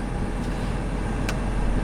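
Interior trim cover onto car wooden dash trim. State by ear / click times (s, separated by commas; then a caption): seated / 1.3 s. A trim cover with pre-applied 3M tape is pressed onto the wooden interior trim piece of a 2017-23 Tesla Model 3, where it fits alongside a carbon fiber center console. Over a steady background hum, one sharp snap is heard at 1.3 s as the cover seats into place.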